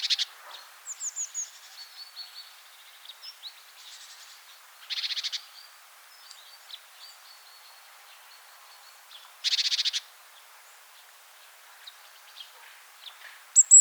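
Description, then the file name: Great tit with several loud buzzy churring rattles, among softer chirps, thin whistles and scattered ticking notes. "Parus major"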